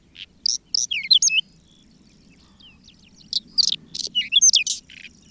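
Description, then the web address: Whinchat song in two bursts of rapid varied chirps and squeaky whistles, separated by a two-second pause, with soft low background noise. "agykontroll Madardalok Cd 3. Rozsdás csuk"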